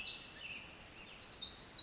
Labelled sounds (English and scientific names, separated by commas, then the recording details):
Pacific Wren (Troglodytes pacificus)
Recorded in Sonoma County, California